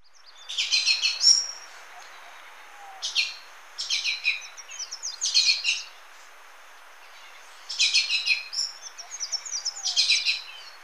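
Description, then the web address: Ochre-breasted Tanager giving grouped bursts of harsh, buzzy chatter separated by short pauses. Recorded in Ecuador. "Natures Songs S America Birds of Ecuador Ochre-breasted Tanager"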